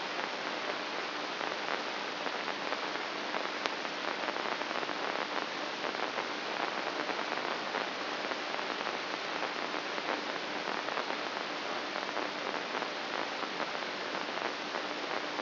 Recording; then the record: brain microelectrode recording played as sound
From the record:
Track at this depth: inside the subthalamic nucleus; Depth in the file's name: 6.216 mm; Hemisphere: left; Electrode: 2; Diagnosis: Parkinson's disease